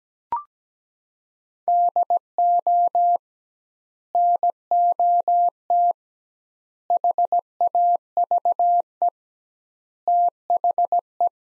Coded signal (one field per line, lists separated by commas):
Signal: Morse code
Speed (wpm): 17 wpm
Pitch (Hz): 700 Hz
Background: none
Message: DO NOT HAVE THE